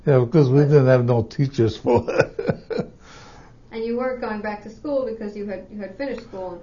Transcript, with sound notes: Yeah, because we didn't have no teachers for it. (he laughs)
And you weren't going back to school because you had finished school.